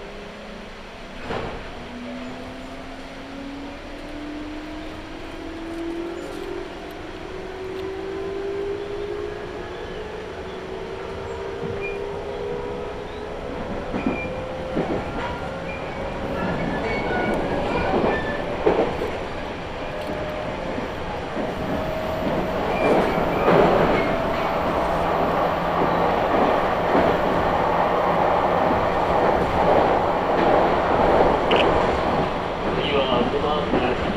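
Recorded from inside a moving train, a rising motor whine climbs steadily through the first twenty seconds as the car accelerates. Wheel clatter and rail joints tick irregularly, and the rumble thickens after twenty seconds, with a brief sharp burst near twenty-three seconds, perhaps a passing train.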